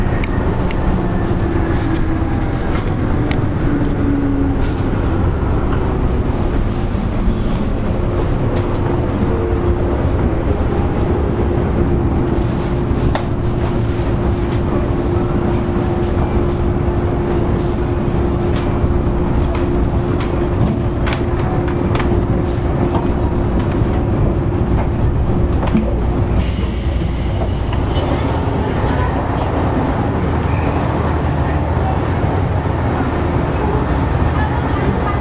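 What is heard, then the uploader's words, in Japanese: A JR 103 series train running on the loop line, steady low rumbling with a sustained motor whine through the middle and occasional clatter. JR103系 天王寺から大阪まで 環状線外回り。JR103系電車の走行音です。JR西日本の環状線外回りにて収録しました。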